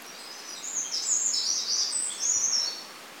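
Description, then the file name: Eurasian wren song, a fast, piercing run of high trills and jumbled notes for about two seconds, with quieter background hiss before and after. "Troglodytes troglodytes"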